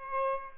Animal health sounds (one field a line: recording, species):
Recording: mosquito wingbeat signal from an infrared sensor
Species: Aedes aegypti